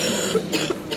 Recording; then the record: coughing mixed with background sound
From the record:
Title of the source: 55 gaggy wet cough